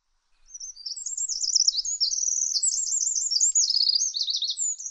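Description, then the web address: Bird giving fast, thin, high-pitched twittering notes that run together into a busy warbling chatter, rising in loudness after the opening second, no background noise. "Deverinetal 2025 File origin Bird Only"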